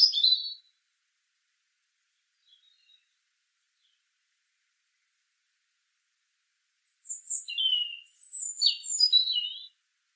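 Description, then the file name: European robin song: a short high note at the start, then a long silence before a bright phrase of thin, high whistles and quick trills. "Erithacus rubecula"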